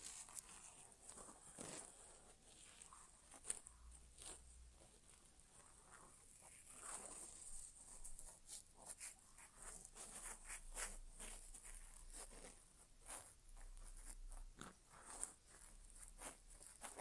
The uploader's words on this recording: ASMR Inner Ear Exam (No Talking).